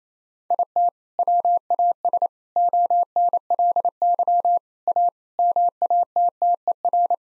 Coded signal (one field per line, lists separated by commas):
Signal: Morse code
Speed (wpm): 28 wpm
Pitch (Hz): 700 Hz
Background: none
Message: IT WAS ONLY A MATTER